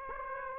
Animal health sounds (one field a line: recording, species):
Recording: mosquito wingbeat signal from an infrared sensor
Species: Aedes aegypti